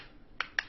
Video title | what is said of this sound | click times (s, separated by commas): إعلان لهاتف شاومى mi mix 3 | so good so snaps into place by a magnet so feels very nice anyway | 0.4 s, 0.6 s